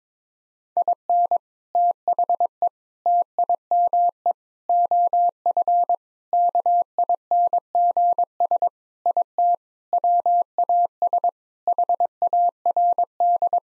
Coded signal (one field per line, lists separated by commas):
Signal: Morse code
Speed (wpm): 22 wpm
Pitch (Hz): 700 Hz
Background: none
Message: IN THE TIME OF KINGS IT WAS HARD